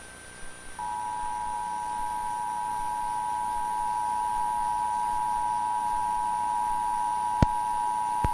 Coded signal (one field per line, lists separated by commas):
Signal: Emergency Alert System (SAME) tones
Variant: 853 and 960 Hz attention tone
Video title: EAS Scenario - The Riots